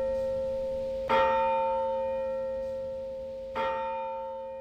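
A church tower bell rings out twice, each deep strike blooming into a long shimmering hum of sustained tones that slowly fade, with no voices present.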